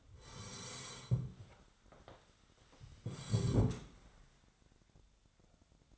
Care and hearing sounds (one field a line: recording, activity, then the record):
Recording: daily activity, microphone in the room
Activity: sit down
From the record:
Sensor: 3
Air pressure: 1015.2 hPa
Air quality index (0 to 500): 167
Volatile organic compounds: 13 ppm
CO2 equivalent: 2396 ppm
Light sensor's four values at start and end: 11/28/11/13 and 14/37/15/16